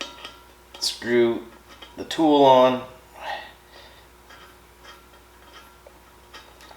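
A puller tool is screwed onto a rubber valve stem meant for a steel wheel rim from a Toyota Matrix, readying it before the stem is pulled through the rim. Light metallic clinks and handling noises are heard while someone talks. Nothing has seated or clicked yet.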